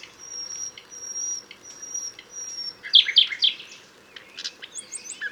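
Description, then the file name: Common nightingale song: a long thin high whistle, then fast loud chopped notes and sharp upward flourishes. "Luscinia megarhynchos"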